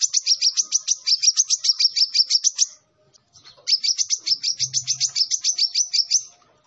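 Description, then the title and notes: Van Hasselt's sunbird song: two fast, high buzzy trills of rapid repeated notes, each lasting about three seconds, separated by a short pause, with a brief low hum underneath. Indonesian 'kolibri ninja' master recording with full 'isian' and 'tembakan' song, described as 'gacor' (singing vigorously), intended as a lure for training other birds. "MASTERAN KOLIBRI NINJA TERBAIK FULL ISIAN DAN TEMBAKAN MEWAH COCOK BUAT PANCINGAN. Suara Burung Kolibri Ninja Gacor"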